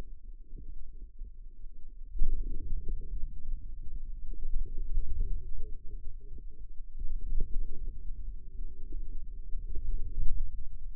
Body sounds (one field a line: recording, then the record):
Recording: forearm muscle sounds (acoustic myography)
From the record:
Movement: wrist extension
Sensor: system 2, bracelet of six BSWA MPA416 microphones around the upper forearm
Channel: 5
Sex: male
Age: 22 years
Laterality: right